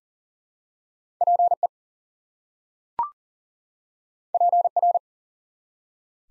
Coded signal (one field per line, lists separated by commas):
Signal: Morse code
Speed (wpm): 42 wpm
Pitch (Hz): 700 Hz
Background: none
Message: PE PR